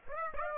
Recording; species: mosquito wingbeat signal from an infrared sensor; Aedes aegypti